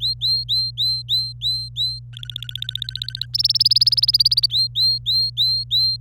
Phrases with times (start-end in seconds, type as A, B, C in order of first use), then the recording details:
0.00-1.99 A, 2.13-3.26 B, 3.34-4.46 C, 4.50-6.00 A. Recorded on 26 April 2018 at 12:17. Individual llb3